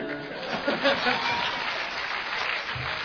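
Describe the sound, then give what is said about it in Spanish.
An audience at a concert claps steadily in a dense, sustained round of applause for a music group, lasting a few seconds, with a faint chuckle and murmur mixed in. “Es que aparte de ser parte del grupo, también soy animador, entonces yo les digo cuando tienen que aplaudir y cuando se tienen que parar.”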